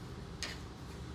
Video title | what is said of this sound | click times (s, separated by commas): September BattlBox backcountry hunter box | a very positive click into the kydex sheath i mean it | 0.4 s